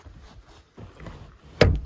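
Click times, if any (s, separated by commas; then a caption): none. The folded rear seat backrest of a 2021 Citroen C3 Shine is raised, with the seat belt held aside, and pushed against its latch on the body. Faint rustling and light knocks come first, then a solid thud at about 1.6 s. The backrest has not locked in place and nothing has clicked yet.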